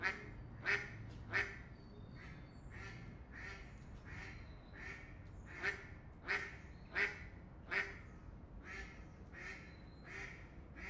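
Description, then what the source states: Duck quacking, a run of harsh nasal quacks about one and a half per second, some louder and some softer, over a low steady background hum. Ducks on a canal in Europe, recorded by day.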